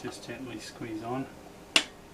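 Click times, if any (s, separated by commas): 1.8 s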